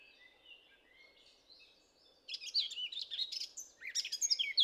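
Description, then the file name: Eurasian blackcap singing, beginning with faint drawn-out whistles before breaking into a loud, rapid, scratchy warble full of quick high notes. "Sylvia atricapilla"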